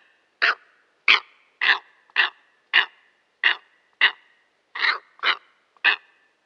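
Steppe eagle giving a series of harsh, hoarse barking calls, about ten short rasping notes spaced roughly half a second apart, with a quiet background.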